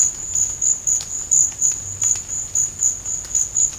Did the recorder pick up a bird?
no